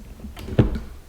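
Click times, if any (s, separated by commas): 0.6 s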